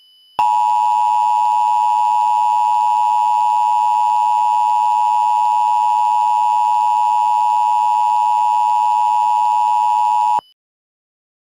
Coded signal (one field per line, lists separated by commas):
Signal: Emergency Alert System (SAME) tones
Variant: 853 and 960 Hz attention tone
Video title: Minecraft Attack 5: The End (an EAS Scenario)